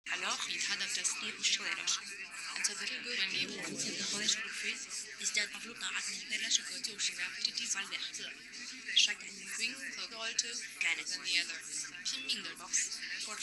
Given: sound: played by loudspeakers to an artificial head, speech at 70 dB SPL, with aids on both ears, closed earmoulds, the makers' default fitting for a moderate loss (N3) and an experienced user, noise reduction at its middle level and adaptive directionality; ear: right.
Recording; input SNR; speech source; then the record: speech test signal (ISTS) in cocktail-party noise; -3 dB; in front (0 degrees)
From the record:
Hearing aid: class 1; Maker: J